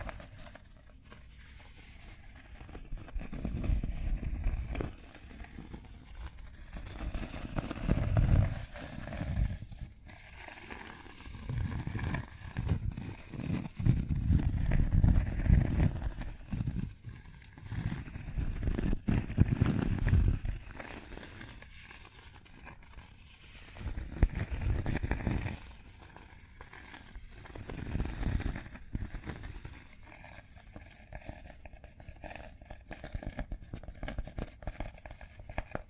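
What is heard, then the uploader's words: Cork is handled in dull, muffled rubbing and scraping, coming in uneven swells every few seconds, strongest between about 8 and 20 seconds and again near 25. Scattered sharp taps and clicks cut through, with brief quieter pauses between bursts. ASMR Cork Triggers. (No Talking).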